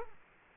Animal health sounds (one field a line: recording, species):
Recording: mosquito wingbeat signal from an infrared sensor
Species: Culex quinquefasciatus